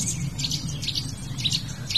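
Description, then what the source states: Eurasian nuthatch calls: short, high, piping notes repeated in quick bursts, several overlapping, over a steady low rumble. Several nuthatches calling excitedly right beside the recordist.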